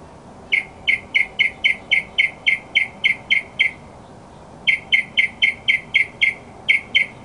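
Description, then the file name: Northern mockingbird song: rapid, evenly spaced notes repeated in a long burst, a brief pause, then another burst of the same note and the start of a third. "kicauan burung northern mockingbird. omkicau"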